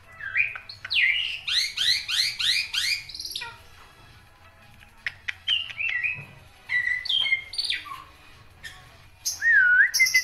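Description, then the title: Black-winged myna song: a quick run of rising and falling whistled notes, a pause with clicks, then scattered whistles and a wavering final whistle. Dense, varied song with many variations, used as a tutor recording for training songbirds. "Kicauan Rapat Jalak Putih Gacor Banyak Variasi Untuk Masteran"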